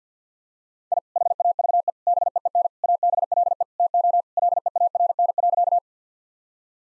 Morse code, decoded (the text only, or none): I HAVE BEEN ABLE TO LEARN.